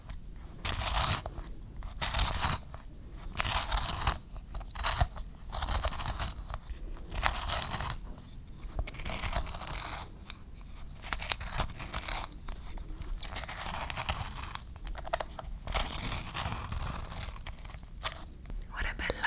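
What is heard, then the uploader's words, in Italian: Paper is handled, crinkling, tearing and rustling in bright, crisp bursts. Sharp crunches and ripping strokes come every second or so, with short pauses between them, over a faint low rumble throughout. Suoni della cartoleria asmr. Oggi ti propongo i suoni della cartoleria, quindi carta, penne e matite.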